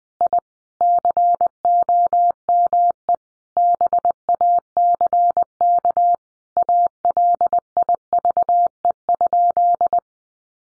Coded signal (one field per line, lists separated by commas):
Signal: Morse code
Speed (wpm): 20 wpm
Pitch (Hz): 700 Hz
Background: none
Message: I COME BACK ALIVE?